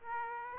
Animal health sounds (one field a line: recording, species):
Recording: mosquito wingbeat signal from an infrared sensor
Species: Aedes aegypti